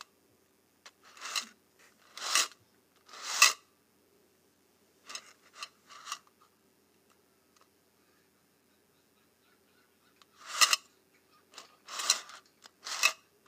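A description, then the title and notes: Paperclips and safety pins scrape and rattle in short bright bursts, clustered near the start and end around a quieter middle, over a faint steady hum. ASMR Paperclips and Safety Pins.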